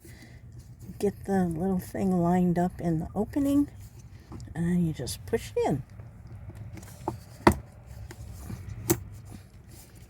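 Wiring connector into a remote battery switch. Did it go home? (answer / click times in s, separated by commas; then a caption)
yes / 7.5 s. A small plastic connector is lined up with the opening on a remote battery switch and pushed in while someone talks. It snaps and locks in place at 7.5 seconds, with a few faint taps before and one more sharp tap near 8.9 seconds.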